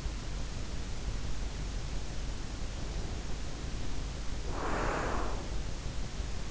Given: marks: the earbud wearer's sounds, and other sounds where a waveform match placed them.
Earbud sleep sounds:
sounds in sleep by an in-ear microphone; breath
2.61-5.73 s: breath

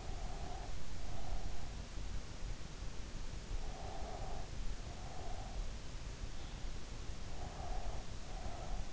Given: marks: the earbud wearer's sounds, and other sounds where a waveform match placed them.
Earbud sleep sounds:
sounds in sleep by an in-ear microphone; breath
0.00-1.81 s: breath
3.71-5.66 s: breath
7.33-8.86 s: breath

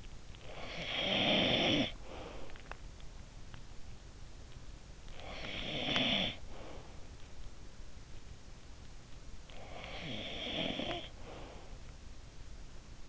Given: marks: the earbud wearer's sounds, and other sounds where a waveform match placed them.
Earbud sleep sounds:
sounds in sleep by an in-ear microphone; snoring breath
0.10-2.90 s: snoring breath
4.85-7.07 s: snoring breath
9.27-12.07 s: snoring breath

